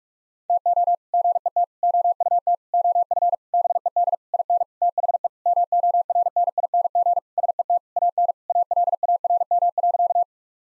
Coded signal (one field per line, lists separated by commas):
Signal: Morse code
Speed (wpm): 41 wpm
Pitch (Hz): 700 Hz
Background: none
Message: TO GET OUT OF BED IN THE MORNING SET AN ALARM.